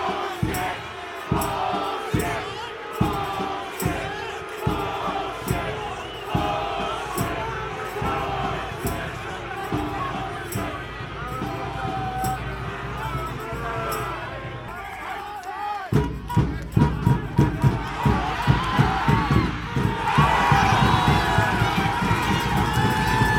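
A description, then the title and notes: Birmingham Legion FC fans fill the stands with dense, steady crowd noise and chanting voices, punctuated by sharp rhythmic beats roughly twice a second through the first fifteen seconds. Around sixteen seconds the drumming tightens and quickens, and the singing swells louder toward the end. Sounds of 18,418 Birmingham Legion FC Fans.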